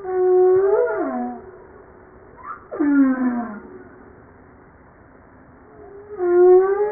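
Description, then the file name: Humpback whale singing, a steady tonal moan that bends downward, then a drooping cry, and the steady moan returns after a quiet gap. Recorded 5 March 1994. "Baleine a bosse 940305"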